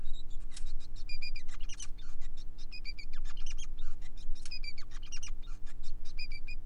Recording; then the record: song of a male Bengalese finch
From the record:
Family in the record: son of father 5